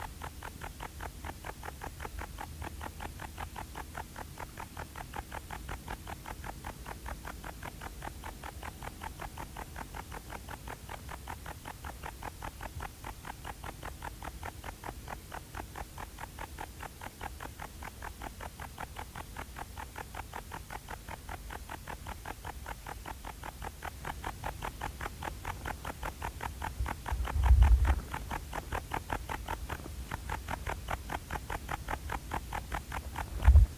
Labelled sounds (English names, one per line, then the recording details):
Bog Bush-cricket stridulation
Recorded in the wild
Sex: male
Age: imago
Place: Königswartha, Oberlausitz, Sachsen, DE
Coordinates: 51.3203, 14.3083
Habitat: meadow
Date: 1989-08-10
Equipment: Riporter 6 RG-K, Sennheiser MKH 416 T, Kopie Uher Report Stereo IC
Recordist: Frommolt, Karl-Heinz
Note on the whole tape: Commerauer Teichgebiet: Gesang. Entfernung minimal 5 cm